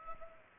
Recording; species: mosquito wingbeat signal from an infrared sensor; Culex pipiens